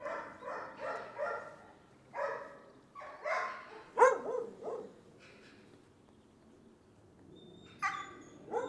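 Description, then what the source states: Dog barks come in an irregular series of short, rough, harmonic yaps, with a quiet stretch in the middle before a few more barks at the end. More than one dog barking.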